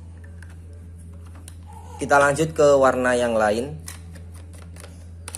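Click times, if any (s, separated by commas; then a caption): 5.3 s. A plastic ink tank cap and cover on an Epson L3210 ink-tank inkjet printer are closed after one color is refilled. Someone talks over a steady low hum, with a few small ticks before and after. A sharp, loud double click at 5.3 s and 5.3 s (5.28 and 5.35 s) marks the cap snapping shut and seated.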